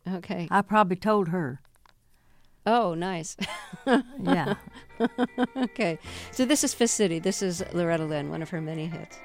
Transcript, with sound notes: I probably told her.
Oh, nice (laughter).
Yeah.
OK. So this is "Fist City." This is Loretta Lynn, one of her many hits.